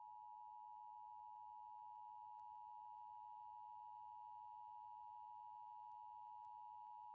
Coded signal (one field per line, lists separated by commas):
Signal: Emergency Alert System (SAME) tones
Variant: 853 and 960 Hz attention tone